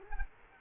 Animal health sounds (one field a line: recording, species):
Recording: mosquito wingbeat signal from an infrared sensor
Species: Culex quinquefasciatus